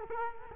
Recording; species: mosquito wingbeat signal from an infrared sensor; Culex quinquefasciatus